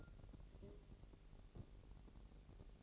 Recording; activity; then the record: daily activity, microphone in the room; take from stove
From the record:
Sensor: 4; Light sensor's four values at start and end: 6/14/6/6 and 6/14/5/6